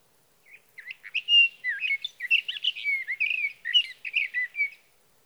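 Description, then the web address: Sage thrasher song, a long continuous jumble of rapid warbling and whistled phrases, rising and falling, lasting over four seconds in a quiet background. "birdsongforthecurious Sage Thrasher"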